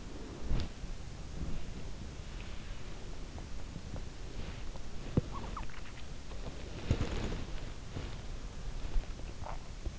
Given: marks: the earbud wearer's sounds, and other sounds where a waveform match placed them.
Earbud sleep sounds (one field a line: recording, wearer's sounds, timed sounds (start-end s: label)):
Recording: sounds in sleep by an in-ear microphone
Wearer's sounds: body movement, swallowing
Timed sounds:
0.00-8.38 s: body movement
9.34-9.98 s: swallowing